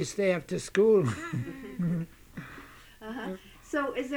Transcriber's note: he laughs